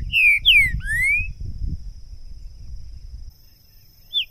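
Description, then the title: Green-winged saltator song: three loud whistled notes, falling then a rising slur, followed by rustling and one more short note. Two birds taken into the bush in 2022, calling, singing and giving male song; used to warm up birds and open their song for singing contests. "ESQUENTAR Seu TRINCA Piando, Cantando E Macheando Na DISPUTA. LEVEI 2 TRINCA FERRO NO MATO!! ABRIR O CANTO DO TRINCA FERRO!! 2022!"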